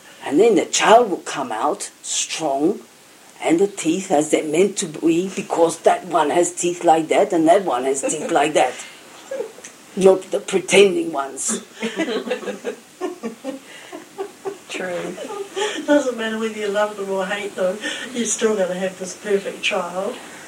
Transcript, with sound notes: And then the child will come out strong and the teeth as they are meant to be because that one has teeth like that and that one has teeth like that. Not the pretending ones. (There is much laughter.) True. It doesn't matter whether you love them or hate them you are still going to have this perfect child.